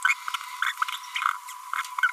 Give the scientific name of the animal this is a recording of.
Forpus passerinus